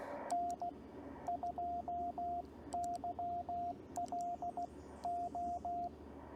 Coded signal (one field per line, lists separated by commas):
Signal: Morse code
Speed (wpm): 15 wpm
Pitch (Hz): 700 Hz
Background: radio noise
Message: N2YLO